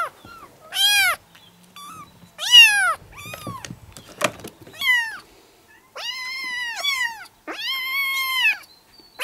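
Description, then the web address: Domestic cat: kitten meows, loud harmonic cries, some short and arched, others long and flat, given in irregular bursts. "kitten Kittens meowing"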